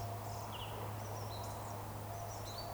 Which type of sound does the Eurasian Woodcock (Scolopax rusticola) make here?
whistle